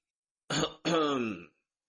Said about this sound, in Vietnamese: Lão nhân Nguyên Anh Trung Kỳ ho khan một tiếng nghiêm mặt nói.